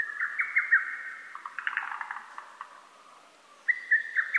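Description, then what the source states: Lesser cuckoo song: a rapid whistled phrase of staccato notes that falls away, then a new whistled phrase begins after a brief pause. Recorded on 12 June 2010.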